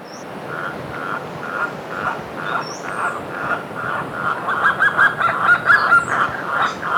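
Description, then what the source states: Andean guan calling with a steady series of clipped mid-pitched notes, about two per second, growing louder toward the end, while other birds chirp and whistle high above. Recorded in Ecuador.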